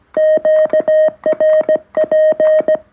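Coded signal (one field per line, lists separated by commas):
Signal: Morse code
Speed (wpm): 17 wpm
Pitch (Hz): 1850 Hz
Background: none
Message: QRP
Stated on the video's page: Iambic paddle key after four months of use, modified by replacing a screw.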